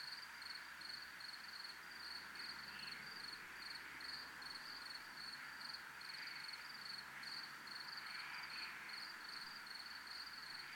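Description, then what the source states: Cricket giving a continuous high-pitched pulsing trill that hardly changes in level. Recorded at a place called zona militar.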